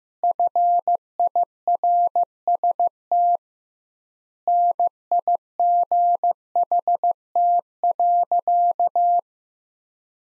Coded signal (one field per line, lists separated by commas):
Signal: Morse code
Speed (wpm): 15 wpm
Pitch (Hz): 700 Hz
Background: none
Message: FIRST NIGHT.